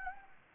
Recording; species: mosquito wingbeat signal from an infrared sensor; Anopheles gambiae